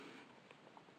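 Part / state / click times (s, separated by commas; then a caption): red extractor into injector pen needle protection cap / not seated / none. A red extractor is handled as it is put back into the needle-protection cap of an injector pen, with soft handling noise and two brief faint ticks at about 0.5 s and 0.8 s. Nothing has seated or clicked into place yet.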